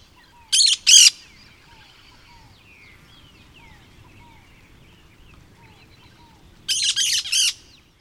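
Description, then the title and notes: Cactus parakeet giving harsh, scratchy screech calls, a pair at the start and a rapid trio near the end, with soft thin notes between. Call (pio). "Ararinha. pio do periquito-da-caatinga. Fonte: WikiAves"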